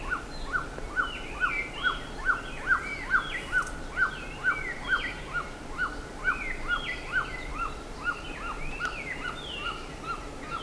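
Bird calls: a clipped chevron note repeated steadily about every half second, with a busy layer of higher chirps and slurred whistles from other birds.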